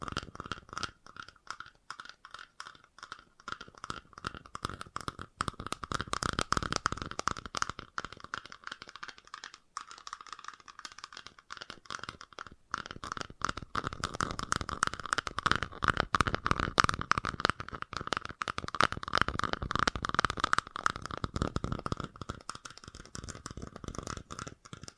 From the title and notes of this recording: FAST TAPPING (No Talking).